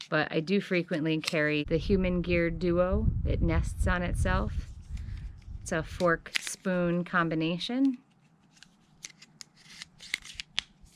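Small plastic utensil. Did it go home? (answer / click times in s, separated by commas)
yes / 10.6 s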